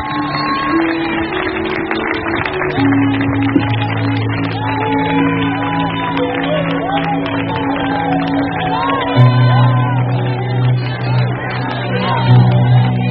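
An audience at a church service claps and cheers loudly and steadily as applause to the King, with shouts and whoops rising out of the crowd while sustained low musical chords hum underneath throughout.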